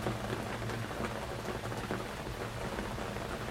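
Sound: light drizzle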